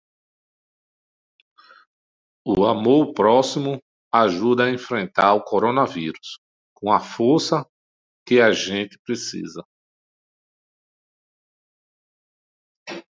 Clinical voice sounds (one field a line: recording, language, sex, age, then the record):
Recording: spoken sentence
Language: Brazilian Portuguese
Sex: male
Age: 40 to 49 years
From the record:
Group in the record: control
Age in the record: 41 years